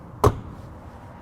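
The head-side drop-down window or jail bar door on a 2022 Logan Coach Bullseye 4 Horse Gooseneck trailer is shut into its frame. A single sharp, solid metal closing thud lands at 0.2 s over a quiet background and fades quickly. The window closes solidly and seats in place.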